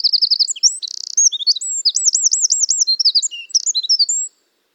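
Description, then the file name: Eurasian wren song: a loud, rapid, high-pitched outpouring of trills and twittering notes, including a buzzy rattle and a looping warbled trill, lasting about four seconds. "Troglodytes troglodytes"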